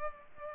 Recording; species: mosquito wingbeat signal from an infrared sensor; Culex pipiens